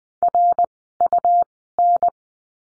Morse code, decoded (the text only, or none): RUN